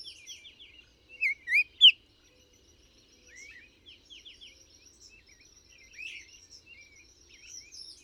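Bird song with many quick high chirps and twitters, a few louder rising notes near two seconds, and steady chirping throughout.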